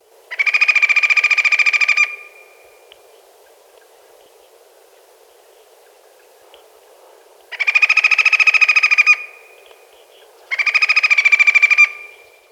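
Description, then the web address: Andean flicker calling in loud rapid trilled bursts, each a fast even series of notes lasting one to two seconds, three bursts separated by quiet gaps. Ecuador. "Natures Songs S America Birds of Ecuador Andean Flicker"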